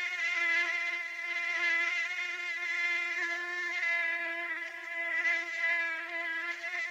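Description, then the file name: Mosquito buzzing, a constant high-pitched whine with layered overtones, swelling and fading gently in loudness without a break. "moustique bruit"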